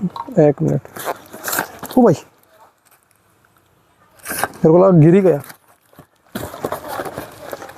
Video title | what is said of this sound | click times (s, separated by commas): झुडपं आणि बारीक फांद्या कापायला एक number. Hedge Shear Unboxing #hedgeshear | हा बट लॉक होत नाही बहुतेक मेकान एक मिनिट आपण | none